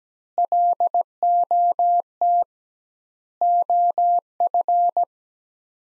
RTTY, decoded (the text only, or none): none